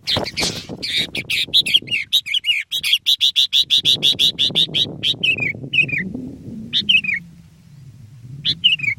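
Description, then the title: Sooty-headed bulbul: a rapid even series of sharp chattering notes, then short bubbly whistled phrases with pauses, over a low background rumble. "kutilang"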